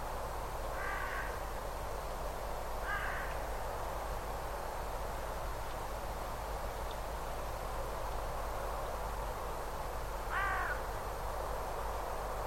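Bird calls: three short, rasping calls, two close together and one later, partly masked by a broad rushing background noise.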